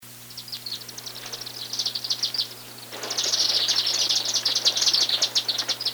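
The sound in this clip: Chimney Swift chattering calls, rapid high twittering chips in a steady stream, growing denser and louder in the second half, over a faint low hum.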